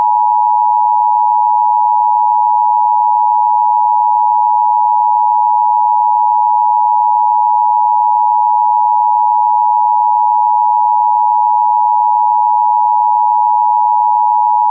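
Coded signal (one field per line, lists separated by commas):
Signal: Emergency Alert System (SAME) tones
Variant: 853 and 960 Hz attention tone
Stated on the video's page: EAS tones, possibly valid.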